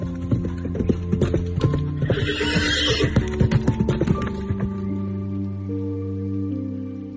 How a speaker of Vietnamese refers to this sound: Trường Sinh cũng cười khúc khích, giật cương thúc ngựa phi nước đại về hướng nam